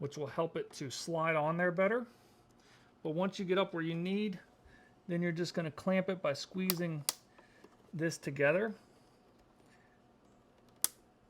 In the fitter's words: and you'll hear it click